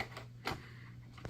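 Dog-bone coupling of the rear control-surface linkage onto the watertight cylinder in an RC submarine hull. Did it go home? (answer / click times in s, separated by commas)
no / none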